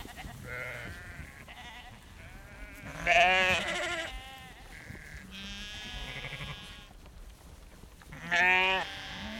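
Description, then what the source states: Sheep bleats: several overlapping animals give nasal calls, some short and low, others loud, long and quavering, over a background of shuffling movement. Herd of sheep walking close, bleating.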